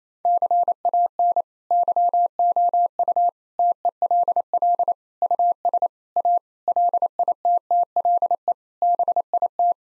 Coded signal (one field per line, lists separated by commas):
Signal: Morse code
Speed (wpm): 28 wpm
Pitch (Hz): 700 Hz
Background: none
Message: CAN YOU TELL US A LITTLE BIT